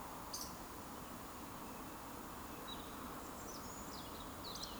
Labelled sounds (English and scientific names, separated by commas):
Eurasian Woodcock (Scolopax rusticola) whistle